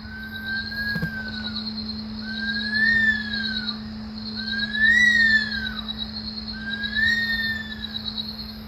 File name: canto do alcaravao do senegal